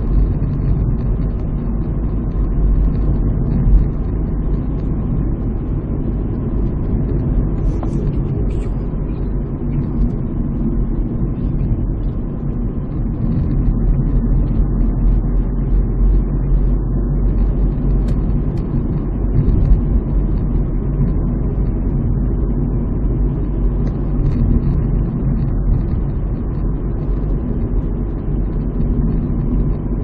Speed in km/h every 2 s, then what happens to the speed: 56, 56, 54, 52, 52, 47, 46, 47, 52, 52, 52, 51, 54, 53, 53.
0-12 slows to 46. 12-16 speeds up to 52. 16-30 steady at about 52.